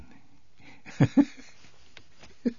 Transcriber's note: he laughs